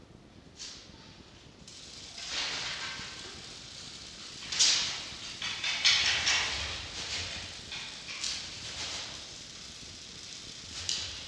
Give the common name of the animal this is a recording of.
Red Fox